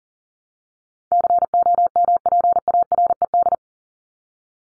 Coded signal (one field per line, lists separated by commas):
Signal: Morse code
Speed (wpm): 40 wpm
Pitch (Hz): 700 Hz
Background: none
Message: COMPARED